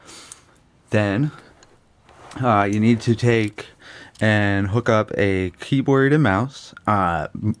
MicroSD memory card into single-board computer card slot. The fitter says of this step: and push it until it clicks into place.